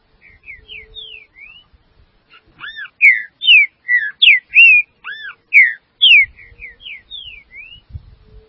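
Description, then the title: Green-winged saltator song, soft whistles leading into a phrase of loud clear slurred and arched notes, then softer whistles again, with faint low knocks. "Trinca Ferro"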